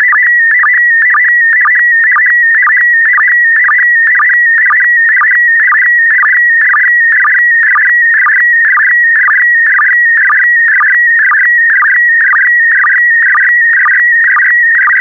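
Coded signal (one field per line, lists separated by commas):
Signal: SSTV (slow-scan television)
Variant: PD120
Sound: steady warbling tone around 1.9 kHz with rhythmic low blips about twice a second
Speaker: complete. You can now check your decoded image against the picture that is shown on the video.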